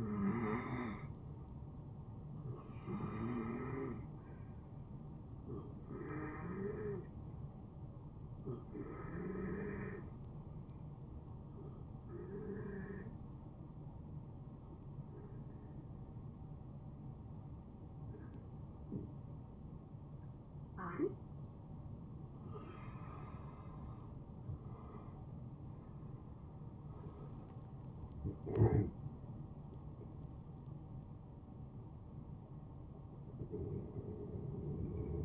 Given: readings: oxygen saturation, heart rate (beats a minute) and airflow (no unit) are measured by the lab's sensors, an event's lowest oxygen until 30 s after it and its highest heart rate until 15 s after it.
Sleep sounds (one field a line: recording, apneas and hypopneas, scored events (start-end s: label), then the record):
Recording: breathing in sleep by a smartphone at the bedside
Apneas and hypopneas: 1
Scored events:
10.00-25.50 s: hypopnea (N1, oxygen 91% highest, then 87% lowest, heart rate 64 at the start, 76 highest)
From the record:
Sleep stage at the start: N1 (lightest sleep)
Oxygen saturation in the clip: 88 to 92%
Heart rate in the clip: 61 to 76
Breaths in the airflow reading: 10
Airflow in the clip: -10.7 to 8.4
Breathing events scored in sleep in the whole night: 263 in 5.5 hours asleep